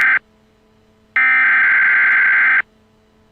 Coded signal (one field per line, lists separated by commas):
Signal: Emergency Alert System (SAME) tones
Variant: header bursts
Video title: A eas severe thunderstorm warning interupts SpongeBob!.